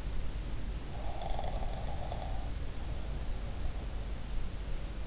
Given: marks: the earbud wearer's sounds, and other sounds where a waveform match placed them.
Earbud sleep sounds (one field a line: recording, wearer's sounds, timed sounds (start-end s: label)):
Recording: sounds in sleep by an in-ear microphone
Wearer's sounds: snoring breath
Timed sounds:
1.01-3.93 s: snoring breath